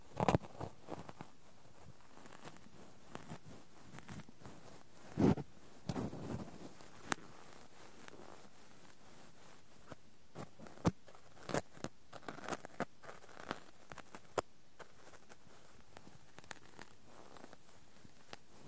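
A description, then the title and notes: Cotton and tweezers produce soft scratchy rustles and sharp little clicks throughout, with frequent crisp ticks standing out above a quiet bed. A fuller, louder rubbing burst comes around five seconds, and scattered snaps continue irregularly to the end. ASMR No Talking Extreme Cotton and Tweezers Tingles.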